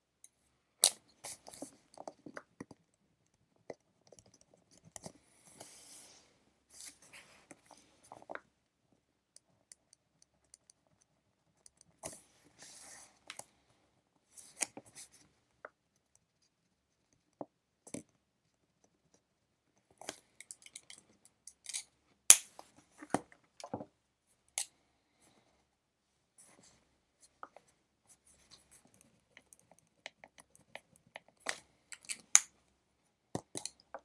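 A pencil working on paper while studying: short, sharp ticks, taps and brief scratches arrive irregularly, sometimes alone, sometimes in quick clusters, busiest around the middle and final third. Between strokes there are quiet gaps with almost nothing else.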